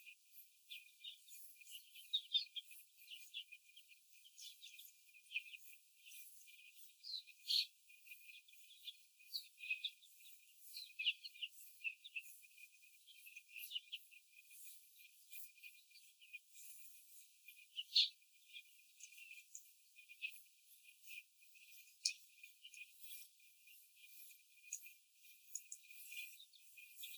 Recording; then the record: young laying hens in a cage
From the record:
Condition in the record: after the stressor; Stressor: simulated dog barking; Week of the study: 4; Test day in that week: 1